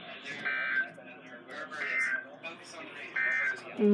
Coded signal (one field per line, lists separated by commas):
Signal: Emergency Alert System (SAME) tones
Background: speech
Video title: The more the merrier EAS# 85-89 6/7/20 (Read Desc)